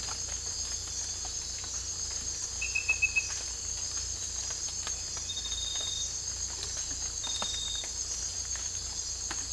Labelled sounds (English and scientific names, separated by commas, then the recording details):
none
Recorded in dense forest near Puerto Asís, Putumayo, Colombia, on 18 December 2024 at 02:30
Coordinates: 0.484, -76.317
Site G026